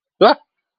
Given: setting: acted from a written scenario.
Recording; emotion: vocal sound without words; negative surprise